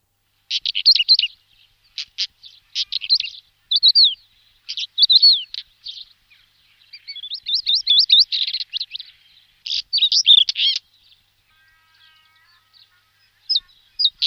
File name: Kamenka pleshanka